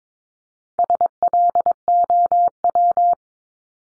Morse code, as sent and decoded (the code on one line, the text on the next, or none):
... .-.. --- .--
SLOW